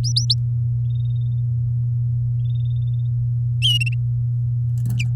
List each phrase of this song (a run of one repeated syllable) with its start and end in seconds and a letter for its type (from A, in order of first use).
0.04-0.34 A